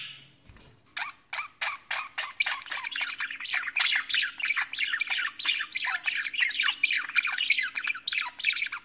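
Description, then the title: Budgerigar chattering, a brief low thump at the start, then dense scratchy squawks and warbles running quickly and without pause. "Budgie Sounds"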